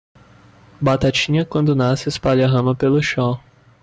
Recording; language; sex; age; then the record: short text; Brazilian Portuguese; male; 20 to 29 years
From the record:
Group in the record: control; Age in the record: 20 years